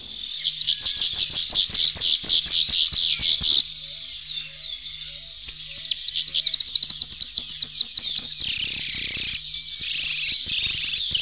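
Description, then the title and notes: Grassland yellow finch singing a high, rapid, buzzy twittering song, with dense chattering trills, a brief quieter gap, then a strident buzzing burst near the end. Very common locally in the Bahía Blanca area, Argentina; courtship flights in breeding season; sings from spring; nuptial flight accompanied by a strident buzz. "Museo de Ciencias de Bahía Blanca. Misto (Sicalis luteola) Es un ave muy común en nuestra zona, sobre todo en época de reproducción cuando se observan sus vuelos de cortejo. Comienzan a cantar al llegar la primavera. Acompañan su vuelo nupcial con un zumbido estridente"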